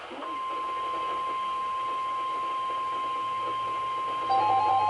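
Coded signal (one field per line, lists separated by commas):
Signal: Emergency Alert System (SAME) tones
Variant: 1050 Hz attention tone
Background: speech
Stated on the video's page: Real EAS alerts: flood warnings and a Special Marine Warning.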